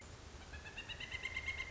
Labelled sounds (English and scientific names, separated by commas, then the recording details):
Pileated Woodpecker (Dryocopus pileatus)
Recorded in Sonoma County, California